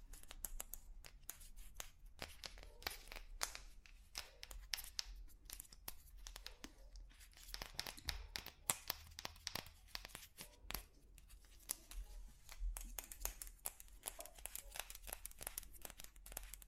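Tapping on different objects in dense, irregular bursts of sharp clicks and crinkly scratches, with a steady low hum underneath throughout.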